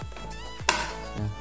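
A plastic blender jar for a Philips HR2223 blender is set on the motor base and twisted until it locks. A sharp click at 0.7 s is heard over background music, and the jar is seated on the base.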